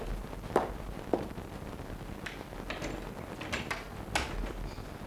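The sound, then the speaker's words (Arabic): A couple of soft footsteps, then a series of sharp clicks and rattles as a door latch is worked and the door is opened for someone who has knocked, all fairly quiet with no talking. “حسنا، اذهب لتفتح الباب.”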